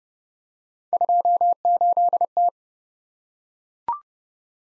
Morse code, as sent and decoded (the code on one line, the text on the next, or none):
..--- ---.. -
28T